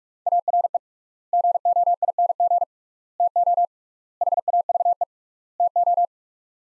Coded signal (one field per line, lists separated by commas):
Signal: Morse code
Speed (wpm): 46 wpm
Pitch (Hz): 700 Hz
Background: none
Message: ARE GOING TO HAVE TO